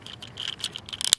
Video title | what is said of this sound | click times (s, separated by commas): Transformers G1 Hot Rod(imus) reissue. ﾄﾗﾝｽﾌｫｰﾏｰC-78ﾎｯﾄﾛﾁﾞィﾏｽ. | there we go snaps into place like so that | 1.1 s